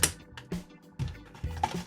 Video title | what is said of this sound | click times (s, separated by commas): Mecard Ball Mega Akan mega Review (Akan +Akansphere + Bitewolf China + Wolfinix) | to really latch in there with an audible click | 0.0 s